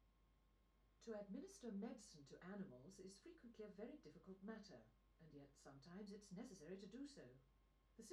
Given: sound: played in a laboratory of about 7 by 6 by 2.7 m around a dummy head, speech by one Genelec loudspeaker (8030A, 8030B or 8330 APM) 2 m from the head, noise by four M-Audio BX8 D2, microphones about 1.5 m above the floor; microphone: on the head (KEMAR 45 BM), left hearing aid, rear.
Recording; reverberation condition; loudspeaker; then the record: female speech in English; low; 90 degrees to the right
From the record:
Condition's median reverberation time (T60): about 310 ms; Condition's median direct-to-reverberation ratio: about 3.5 dB